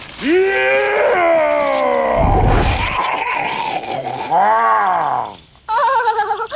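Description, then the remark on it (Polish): A person imitates a bear's roar with several long, loud, strained bellows whose pitch rises and falls, a harsh growling burst in the middle, then a short pause and a final wavering cry. “Niedźwiedź zaryczał na cały las, machnął łapą w powietrzu, a pazurami wyrył ślad na drzewie, po czym się uspokoił.”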